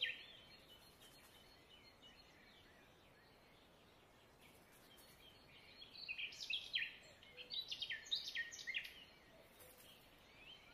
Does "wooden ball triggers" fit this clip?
no